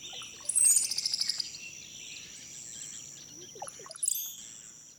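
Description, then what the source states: Brown-headed cowbird giving a rapid clicking, bubbly series, then a short high squeaky whistle after a pause, over constant high hiss. Nominate subspecies Molothrus ater ater.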